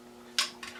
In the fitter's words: we go okay I felt that click into place and squeeze and there we go okay